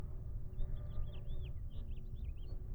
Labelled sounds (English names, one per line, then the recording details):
House Finch song
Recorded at WGilgo Beach on Long Island, New York, on 22 May 1975
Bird A